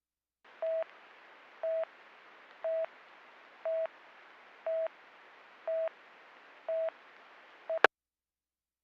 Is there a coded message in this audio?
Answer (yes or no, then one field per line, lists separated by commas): no